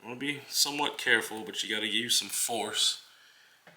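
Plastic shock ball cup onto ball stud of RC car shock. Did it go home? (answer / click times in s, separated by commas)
yes / 3.7 s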